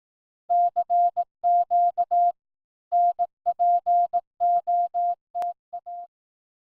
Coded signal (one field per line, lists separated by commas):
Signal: Morse code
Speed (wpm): 18 wpm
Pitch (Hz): 700 Hz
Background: none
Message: CQ NPOTA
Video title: NPOTA: Cale (K4CDN) from HamRadio360.com stops by to say hi